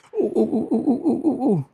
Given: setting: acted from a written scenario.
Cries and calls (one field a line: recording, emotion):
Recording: vocal sound without words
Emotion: elation